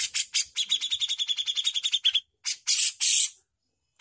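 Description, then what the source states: Bushlark song: an even rattling trill of quick repeated notes followed by several rough, hissing bursts. Used for training songbirds; bird singing persistently (gacor).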